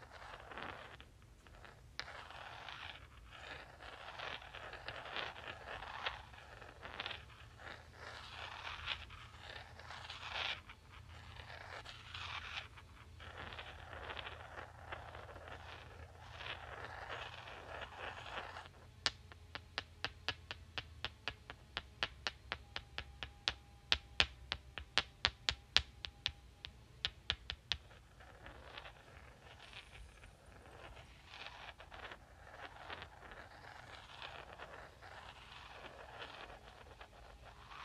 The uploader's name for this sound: Clicking and Rubbing Rocks